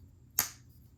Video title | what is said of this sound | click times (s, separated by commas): Boker Cattle Knife Unboxing - Old school is still cool | nice snap same thing here | 0.4 s